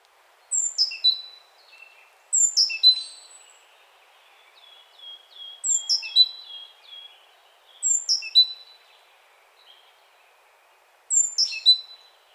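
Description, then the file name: Great tit calls: repeated bursts of high descending notes, with a soft rapid series of short notes in between. "Parus major"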